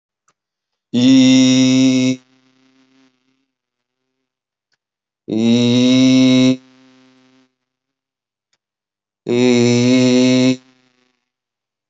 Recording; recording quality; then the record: sustained vowel as in beet; poor, much background noise or distortion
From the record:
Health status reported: healthy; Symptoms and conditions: none ticked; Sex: male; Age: 34 years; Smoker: not ticked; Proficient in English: yes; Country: India